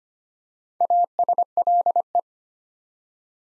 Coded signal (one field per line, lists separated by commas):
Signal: Morse code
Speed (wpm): 25 wpm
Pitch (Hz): 700 Hz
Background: none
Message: ASLE